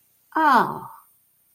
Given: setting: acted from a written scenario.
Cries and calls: vocal sound without words; realization

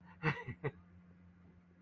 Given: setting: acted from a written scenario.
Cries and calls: vocal sound without words; positive surprise

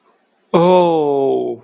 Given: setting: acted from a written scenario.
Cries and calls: vocal sound without words; distress

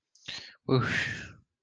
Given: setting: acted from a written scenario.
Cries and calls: vocal sound without words; relief

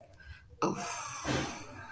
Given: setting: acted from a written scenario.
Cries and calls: vocal sound without words; shame

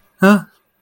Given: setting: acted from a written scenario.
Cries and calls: vocal sound without words; fear

